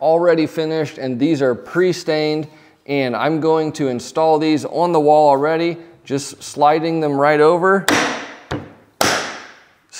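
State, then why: Seated. Someone talks while a pre-stained, pre-finished wood panel fitted with plastic knock-down connectors and preload clips is slid over its mating piece mounted on the wall. After a short sliding rustle and a faint tick at 8.5 s, the connector snaps home with a sharp, loud click at 9.0 s, and the panel is seated.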